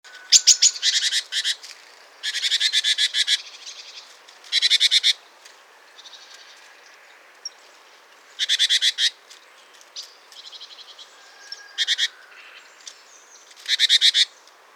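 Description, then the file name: Great tit churring calls, harsh buzzy rattles of rapid pulses repeated in irregular bursts, with a few faint high notes between. "Parus major"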